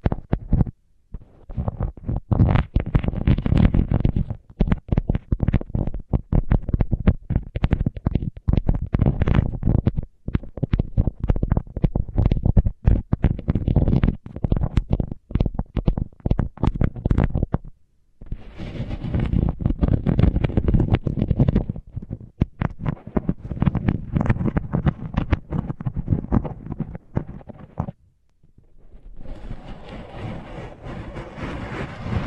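Microphones muffled under tape produce dense, rapid crackling rubs and low thumps, with short silences near 18 and 28 seconds before resuming.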